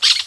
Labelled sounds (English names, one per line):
Brown-throated Parakeet contact call